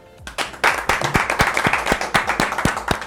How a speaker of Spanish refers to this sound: Quiero pedir una lluvia de aplausos para nuestra profesora de Recursos para el Aprendizaje por asumir este reto junto a nosotros, sus estudiantes.